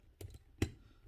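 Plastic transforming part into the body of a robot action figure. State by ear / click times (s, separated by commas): seated / 0.6 s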